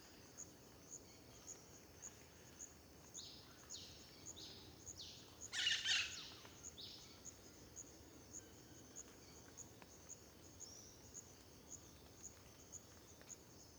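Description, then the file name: Cricket chirping, short high pulses repeated at a steady rhythm throughout, with a louder burst of bird calls near the middle and soft background hiss. Dawn ambience in Terra Ronca park near the road, with various birds; AB stereo recording. "Ambiencia parque terra ronca perto da estrada amanhecer periquito, varios passaros, grilo, vaca, gravacao em ab"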